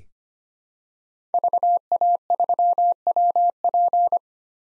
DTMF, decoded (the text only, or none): none